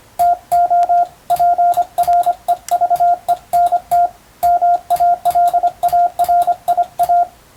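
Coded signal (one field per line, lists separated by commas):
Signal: Morse code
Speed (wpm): 25 wpm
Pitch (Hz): 700 Hz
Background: radio noise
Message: TO PREVENT MALARIA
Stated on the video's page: Hand-keyed Morse on a telegraph key, sent as receiving practice for the Japanese radiotelegraph operator exam, using a European-language telegram practice book.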